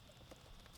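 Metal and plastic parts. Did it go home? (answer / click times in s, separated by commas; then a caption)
no / none. A fuel injector held by a quick-release clip is being pushed into its mount on a BMW K75 RT motorcycle. Only quiet handling noise is heard, with a brief faint tick around 0.7 s. Nothing has seated or clicked yet; the injector is handled but not yet home.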